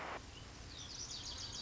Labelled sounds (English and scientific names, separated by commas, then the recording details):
Lazuli Bunting (Passerina amoena)
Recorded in Sonoma County, California